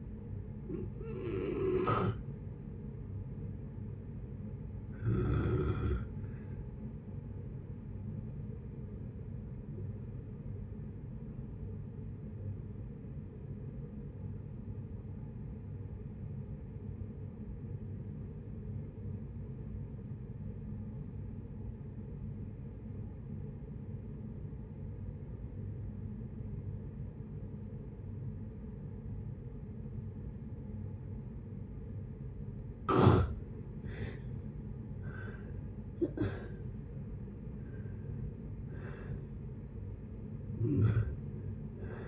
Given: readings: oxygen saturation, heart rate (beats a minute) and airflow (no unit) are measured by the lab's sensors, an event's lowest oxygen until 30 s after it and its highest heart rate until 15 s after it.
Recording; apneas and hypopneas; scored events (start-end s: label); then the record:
breathing in sleep by a smartphone at the bedside; 1
14.00-33.10 s: obstructive apnea (N2, oxygen 96% highest, then 75% lowest, heart rate 56 at the start, 73 highest)
32.00-42.08 s: new sleep stage, N1 (lightest sleep)
From the record:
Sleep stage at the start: N2 (light sleep); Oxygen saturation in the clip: 78 to 96%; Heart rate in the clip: 55 to 73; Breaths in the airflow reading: 7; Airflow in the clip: -9.0 to 9.2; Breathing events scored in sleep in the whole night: 496 in 5.4 hours asleep